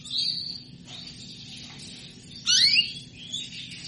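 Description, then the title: Canary song, soft high warbling notes followed by a louder sharp sweeping chirp near the end, over a faint steady low hum. Female canary asking to mate; played to stimulate Belgian canaries into singing. "Canto Para Esquentar Canário Belga. Suara burung kenari betina minta kawin"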